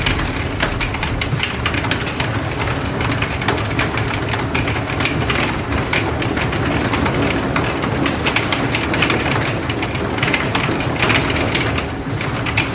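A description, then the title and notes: Rain falls steadily and heavily throughout, a dense, even wash of drops with a full low rumble beneath. Countless small sharp patters flicker across the top, some louder hits among them, with no pause or letup from start to finish. Rainstorm. The sounds of the rain.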